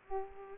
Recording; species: mosquito wingbeat signal from an infrared sensor; Aedes aegypti